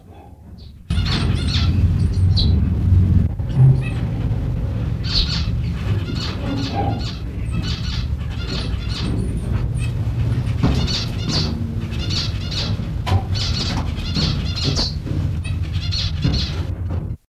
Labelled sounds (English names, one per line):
Zebra Finch call